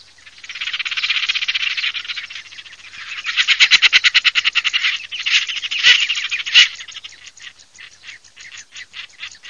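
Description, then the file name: Common shelduck calling: fast, harsh, rasping pulsed series in several bursts, the pulses spacing out and slowing toward the end. "VOLPOCA"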